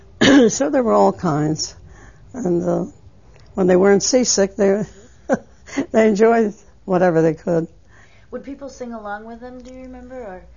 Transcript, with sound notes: So there were all kinds. And, uh, when they weren't seasick they, ( she laughs ) they enjoyed whatever they could.
Would people sing along with them, do you remember, or...